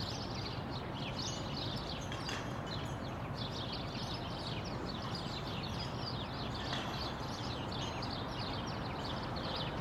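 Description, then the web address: Many birds twitter and chirp without pause, quick high notes overlapping, while heavy machinery drones steadily underneath. Birds outdoors mixed with construction machinery. "Lynne Music Birds-Construction-Machine"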